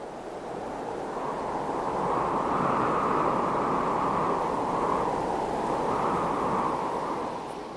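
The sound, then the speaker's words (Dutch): A steady, soft rush of wind, a gentle breeze that swells slightly and then eases, with a broad hiss and low rumble and no voices; a preview of the sound of a song, premiered on NPO Radio 1 before its official launch. “Ik hoorde alleen wind. Ja, ik ook, een klein briesje.”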